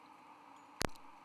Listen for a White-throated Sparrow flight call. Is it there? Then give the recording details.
no. No flight call is heard. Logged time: 01:53 on 17 November 2014